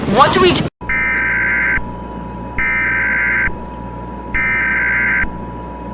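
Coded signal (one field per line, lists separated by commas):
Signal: Emergency Alert System (SAME) tones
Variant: header bursts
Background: speech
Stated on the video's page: Fictional EAS scenario, not a real alert.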